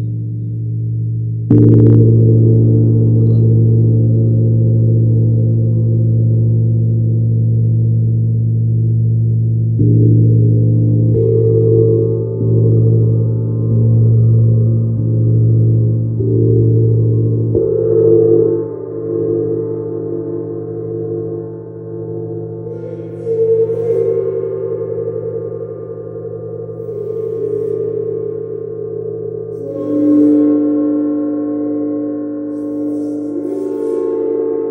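A Sidereal Moon gong is struck and left to sustain in a deep, humming drone of low tones with a shimmering layer above. Fresh strikes near 2, 10 and 18 seconds renew the sound, which swells and wavers while brighter overtones flicker in later.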